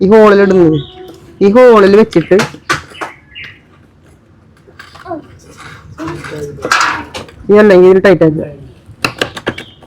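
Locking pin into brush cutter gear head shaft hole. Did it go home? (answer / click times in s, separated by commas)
yes / 9.1 s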